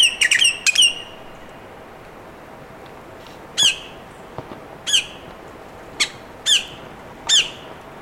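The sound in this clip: Bird calling: a quick cluster of harsh notes at the start, then single harsh downslurred calls at uneven intervals, over steady hiss.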